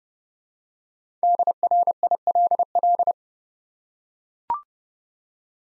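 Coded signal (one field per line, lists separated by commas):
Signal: Morse code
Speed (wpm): 30 wpm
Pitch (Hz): 700 Hz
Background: none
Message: DRILL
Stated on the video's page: Morse practice set of easy words with contextual hints, sent at 30 wpm.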